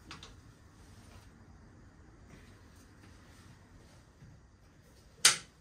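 A clamping collar is pressed shut around the waste pipe connector on a Geberit concealed wall-hung toilet frame. After faint handling noises near the start and a quiet stretch, a sharp, loud snap rings out at 5.3 s. The collar clicks shut and is seated on the connector.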